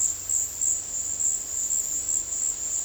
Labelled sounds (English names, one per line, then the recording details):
none
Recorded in dense forest near Puerto Asís, Putumayo, Colombia, on 21 February 2024 at 15:00
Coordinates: 0.485, -76.325
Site G6429